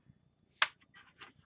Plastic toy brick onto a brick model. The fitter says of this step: that was a satisfying click too